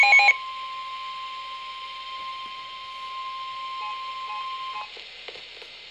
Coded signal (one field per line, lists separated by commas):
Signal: Emergency Alert System (SAME) tones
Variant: 1050 Hz attention tone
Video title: Real EAS #380 - Severe Thunderstorm Warning